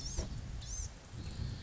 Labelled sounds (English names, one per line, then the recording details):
Blue-gray Gnatcatcher
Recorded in Sonoma County, California